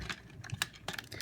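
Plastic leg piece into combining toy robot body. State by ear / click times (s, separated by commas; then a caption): seated / 0.6 s. A plastic leg/egg piece of a DX Hyakujuu Gattai Gao King combining toy robot is fitted into its joint on the robot body and pushed home, a fit that looked impossible. Soft plastic handling taps come at 0.1, 0.9 and 1.2 s around a sharp click at 0.6 s. The piece locks into place.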